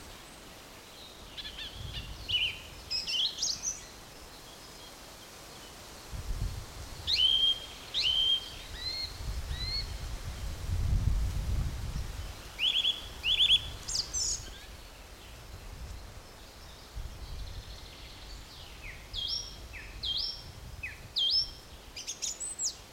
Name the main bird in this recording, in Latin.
Turdus philomelos